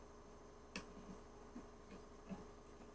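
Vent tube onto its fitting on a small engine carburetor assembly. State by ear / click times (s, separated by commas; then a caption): seated / 0.8 s. A rubber or plastic vent tube is pushed onto its fitting on the carburetor or air box of a Troy-Bilt push mower's small engine and pops into place with a sharp click at 0.8 s. Softer ticks follow around 1.1, 1.6 and 2.3 s over a low steady background. The vent tube is seated.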